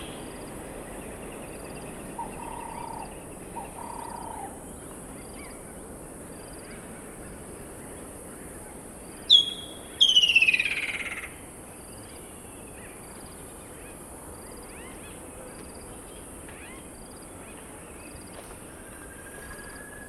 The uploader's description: sound environment around a dry stretch of the Limpopo River in South Africa at the beginning of the rainy season